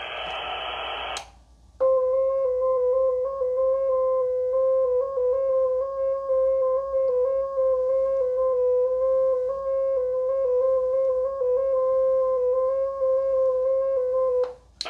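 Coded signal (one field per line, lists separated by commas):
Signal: JS8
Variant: heartbeat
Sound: steady low warbling tone stepping slightly in pitch for about 13 seconds, slightly distorted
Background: brief hiss before start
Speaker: We're going to go ahead and click heartbeat. And I'm going to have to key down here once it gets to 14 to 15.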